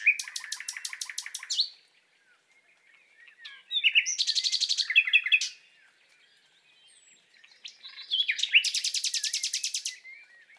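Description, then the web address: Common nightingale singing three loud phrases of fast, evenly repeated sharp notes, each lasting about two seconds, separated by quieter, softer passages. Nightingale in love, singing courtship song. "annee nature rossignol amoureux"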